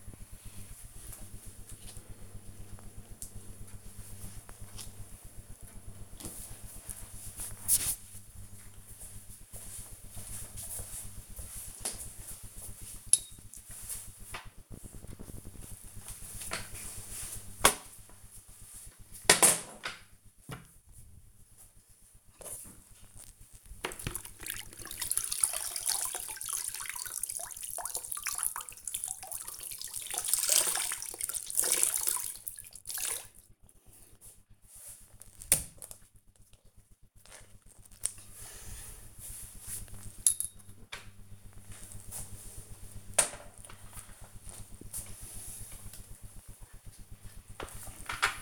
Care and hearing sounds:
household activities, microphone on the right wrist
14.50-48.42 s: floor cleaning

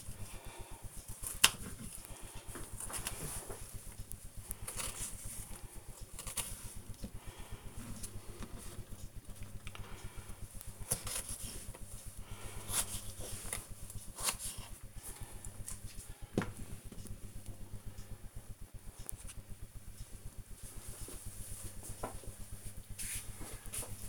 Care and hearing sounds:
household activities, microphone on the right wrist
0.00-14.84 s: cutting vegetables

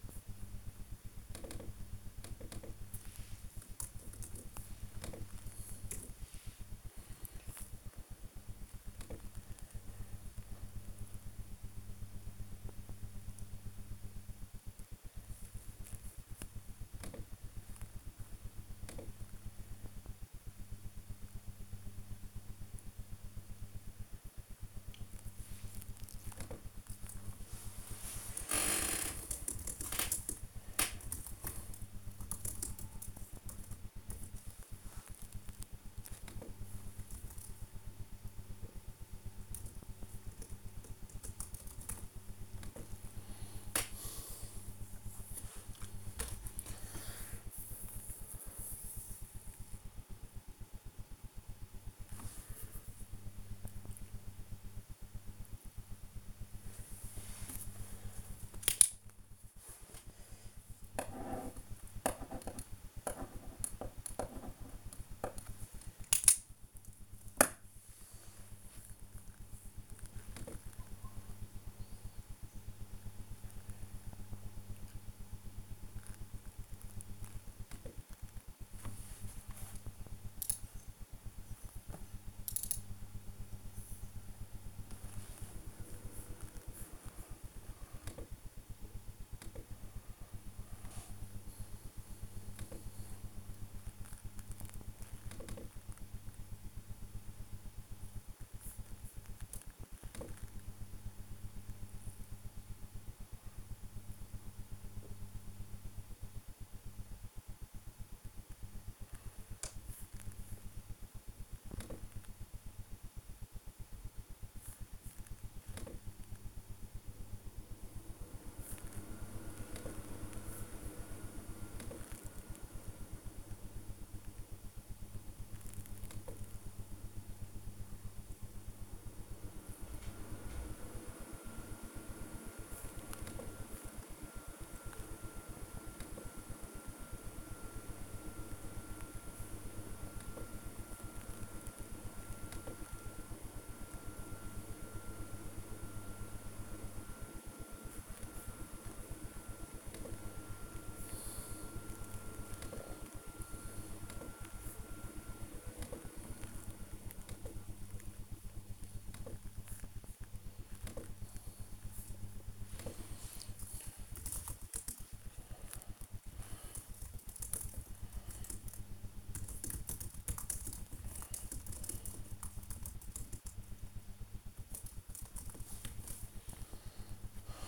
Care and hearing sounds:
household activities, microphone on the right wrist
0.00-35.40 s: working on the computer
42.43-177.68 s: working on the computer

